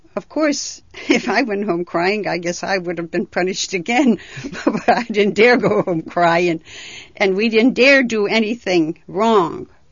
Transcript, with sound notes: Of course, if I went home crying, I guess I would have been punished again. ( she laughs ) I didn't dare go home crying. And we didn't dare do anything wrong.